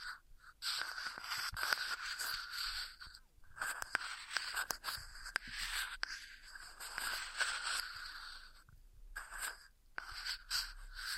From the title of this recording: Ear Massage Triggers